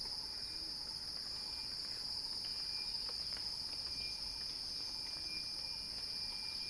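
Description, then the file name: Cicada song holding a continuous piercing hiss at a steady level, with faint lower chirps and occasional light clicks underneath. Cicada song building in a crescendo, recorded by Axel Drioli. "earth-fm Axel-Drioli Cicada-Crescendo-Sounding-Wild"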